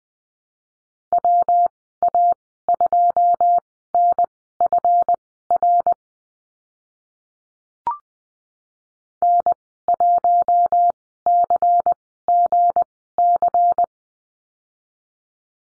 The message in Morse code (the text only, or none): WA2NFR N1CGC